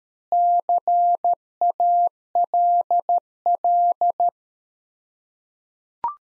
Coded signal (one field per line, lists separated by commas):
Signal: Morse code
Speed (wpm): 13 wpm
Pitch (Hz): 700 Hz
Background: none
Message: CALL